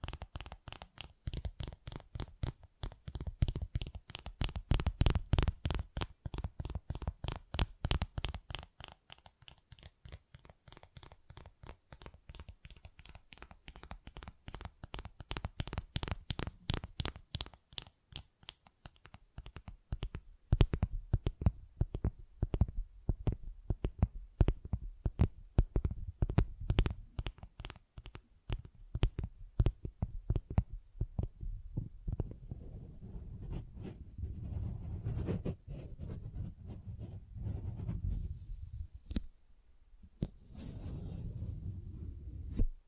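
Tapping and scratching on textured surfaces: rapid, crisp clicks in dense bursts, thinning toward the end where a low rumbling rub takes over.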